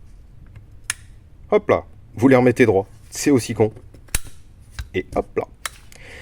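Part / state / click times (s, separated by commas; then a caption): pistol lock mechanism and locking tab into the frame / seated / 5.7 s. During reassembly of a C96 pistol, the steel lockframe and mechanism are pushed home into the frame while someone talks, with sharp clicks near 0.9 s and 4.2 s. At 5.7 s it clicks into place, the small locking tab snapping flat against the lower part of the frame, so the mechanism is seated.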